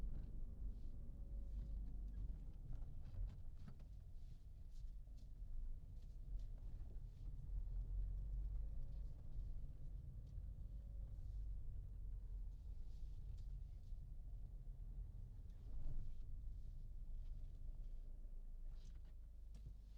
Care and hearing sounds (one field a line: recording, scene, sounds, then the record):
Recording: everyday scene through a hearing-aid microphone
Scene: in a vehicle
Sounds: engine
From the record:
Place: Berlingo II, diesel engine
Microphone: in the ear canal, left